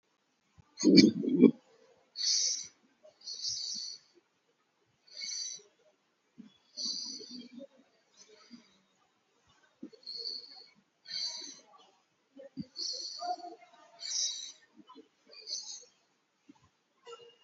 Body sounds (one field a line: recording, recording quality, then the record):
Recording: deep breathing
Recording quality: excellent, no background noise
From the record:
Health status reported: COVID-19 positive, mild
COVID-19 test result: positive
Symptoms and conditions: pneumonia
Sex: male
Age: 60 years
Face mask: worn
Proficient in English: yes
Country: India